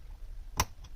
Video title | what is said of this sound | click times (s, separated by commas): Team ReVolt Tsunami part 4 ‐ A shocking experience | yeah it clicked in | 0.6 s